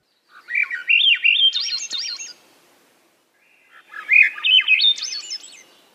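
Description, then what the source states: Swainson's Thrush song: two spiralling phrases of fluty notes climbing upward in pitch, each about two seconds long, separated by a pause. Song is a rising tone with no resolution, like a musical question; heard on summer evenings at dusk; birds hard to see.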